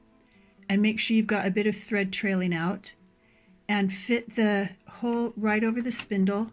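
Someone talks while holding a front-loading sewing machine's bobbin case with its lever pulled out and a bit of thread trailing, fitting the case's hole over the bobbin spindle. The case has not been pushed home onto the spindle, and nothing has seated or clicked yet.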